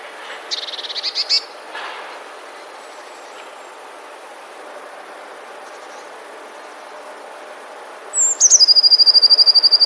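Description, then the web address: Eurasian blue tit song: one quick, high, stuttering phrase at the start, then near the end a thin high note that drops into a long, fast, ringing trill. "modraszkoteka"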